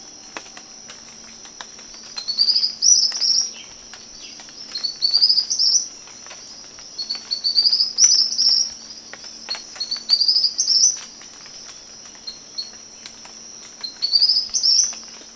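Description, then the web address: Tropical kingbird repeating high, stuttering twitters that rise into a sharp flourish, several phrases over the stretch, against a steady high insect hum. Recorded 20 September 2011. "chants 20110920 TYRMEL"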